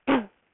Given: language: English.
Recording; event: throat vibration sensor signal played as sound; cough